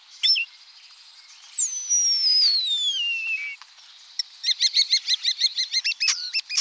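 Common starling song: a long, thin whistle gliding steadily downward, then a quick, regular series of clicking, rattling notes.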